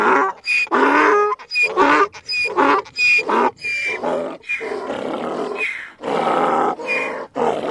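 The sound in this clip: Donkey bray: rapid alternating high squeaky gasps and low rough honks, repeated more than once a second in a long, rhythmic hee-haw sequence.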